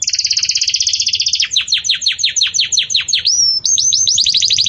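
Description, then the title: Belgian canary song: a fast bubbling trill, then repeated descending sweeps, a rising whistle and another quick roll. Belgian canary singing in the 'campainha' (bell) style, offered as a song model for tutoring young chicks. "Belíssimo Canto Do Canário Belga Campainha Para Encarte De Filhotes"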